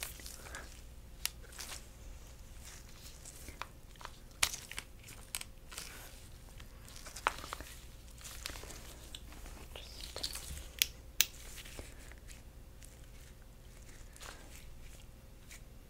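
Gloved hands handle and examine objects, making soft rustling and scraping with frequent sharp crackles and small clicks at irregular moments. The loudest snaps come near 4, 10 and 11 seconds. A faint steady hum runs underneath throughout.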